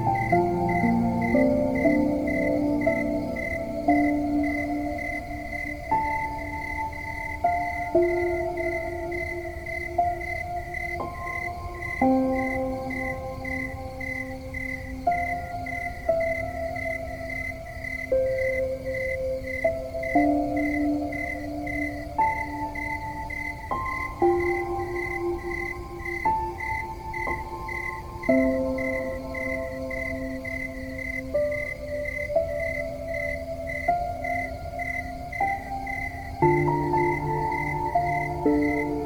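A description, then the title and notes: Soft piano chords change slowly, roughly every two seconds, held and overlapping in a calm, mid-range progression. Behind them, crickets chirp in a steady, rapid pulse high above the music, continuing unbroken for the whole clip with a faint low rumble underneath. The crickets and gentle piano are serenading you.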